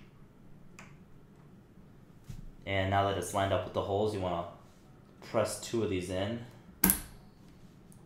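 A CPU cooler, lined up over the motherboard mounting holes, has one of its plastic push pins pressed down into the board while someone talks. A sharp click is heard at 6.8 seconds as the push pin seats in the hole.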